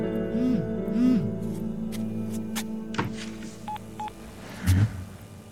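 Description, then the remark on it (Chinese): Short electronic phone tones sound as a text message arrives, including two quick, evenly spaced mid-pitched beeps like a message alert, over a low steady hum with a few soft thumps. “这是那个相亲对象发来的短信”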